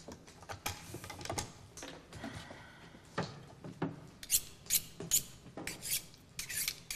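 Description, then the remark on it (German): A knife saws through a loaf of bread in a series of uneven, scratchy rasping strokes, with crisp crumbly crackles between them and no voices. “Schneid da Brot ab.”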